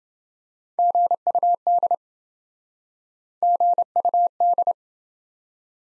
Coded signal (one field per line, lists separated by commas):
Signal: Morse code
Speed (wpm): 28 wpm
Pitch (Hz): 700 Hz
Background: none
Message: GUD GUD